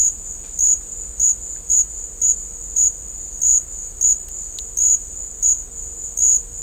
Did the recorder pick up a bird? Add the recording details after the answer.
no. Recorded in dense forest near Puerto Asís, Putumayo, Colombia, on 21 December 2024 at 12:30. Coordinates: 0.500, -76.322. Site G053